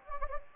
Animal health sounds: mosquito wingbeat signal from an infrared sensor; Anopheles gambiae

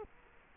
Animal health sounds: mosquito wingbeat signal from an infrared sensor; Culex quinquefasciatus

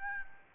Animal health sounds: mosquito wingbeat signal from an infrared sensor; Aedes albopictus

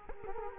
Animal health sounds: mosquito wingbeat signal from an infrared sensor; Culex quinquefasciatus

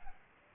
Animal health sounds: mosquito wingbeat signal from an infrared sensor; Aedes albopictus

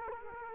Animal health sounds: mosquito wingbeat signal from an infrared sensor; Culex quinquefasciatus

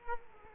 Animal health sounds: mosquito wingbeat signal from an infrared sensor; Culex quinquefasciatus

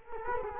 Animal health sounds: mosquito wingbeat signal from an infrared sensor; Culex quinquefasciatus

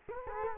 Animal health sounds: mosquito wingbeat signal from an infrared sensor; Culex quinquefasciatus

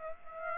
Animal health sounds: mosquito wingbeat signal from an infrared sensor; Aedes aegypti

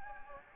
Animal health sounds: mosquito wingbeat signal from an infrared sensor; Anopheles gambiae

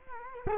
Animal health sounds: mosquito wingbeat signal from an infrared sensor; Culex quinquefasciatus

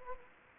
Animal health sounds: mosquito wingbeat signal from an infrared sensor; Anopheles gambiae

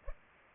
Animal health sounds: mosquito wingbeat signal from an infrared sensor; Culex pipiens

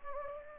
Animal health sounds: mosquito wingbeat signal from an infrared sensor; Anopheles gambiae

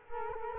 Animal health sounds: mosquito wingbeat signal from an infrared sensor; Culex quinquefasciatus

